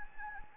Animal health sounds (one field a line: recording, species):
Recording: mosquito wingbeat signal from an infrared sensor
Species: Anopheles gambiae